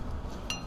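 A brake pad with its metal retaining clip is pushed into the caliper bracket of a Toyota Camry during a brake and rotor change. A faint, bright metallic click sounds at 0.5 s over low background rumble. The pad clicks only partly into place and is almost, but not fully, in.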